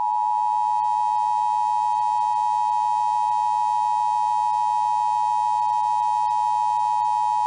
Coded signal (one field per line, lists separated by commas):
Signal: Emergency Alert System (SAME) tones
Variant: 853 and 960 Hz attention tone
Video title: EAS Required Monthly Test Arkansas and Iowa Statewide Tests +WeatherSTAR4000